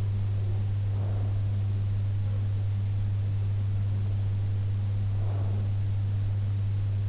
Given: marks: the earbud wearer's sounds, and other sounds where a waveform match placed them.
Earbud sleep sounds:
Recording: sounds in sleep by an in-ear microphone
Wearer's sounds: breath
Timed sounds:
0.60-1.33 s: breath
5.09-5.86 s: breath

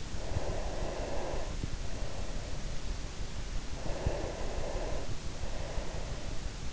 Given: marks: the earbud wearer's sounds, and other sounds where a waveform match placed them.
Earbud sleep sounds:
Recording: sounds in sleep by an in-ear microphone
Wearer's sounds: breath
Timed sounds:
0.15-2.75 s: breath
3.92-6.52 s: breath

